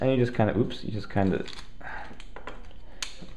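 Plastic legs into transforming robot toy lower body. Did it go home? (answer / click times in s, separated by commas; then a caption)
yes / 3.0 s. Someone talks while pushing the plastic legs of a transforming robot toy in to join its lower body, with a few small plastic taps and clatters. The legs snap into place with a sharp click at 3.0 s, and they are seated.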